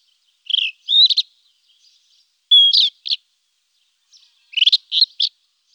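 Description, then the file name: Rufous-tailed scrub robin singing short phrases of clear whistles and rich warbled notes, with brief gaps between phrases and a quiet background. "rufous bush robin"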